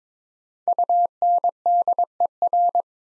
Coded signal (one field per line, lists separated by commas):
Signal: Morse code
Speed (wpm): 22 wpm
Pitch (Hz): 700 Hz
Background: none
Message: UNDER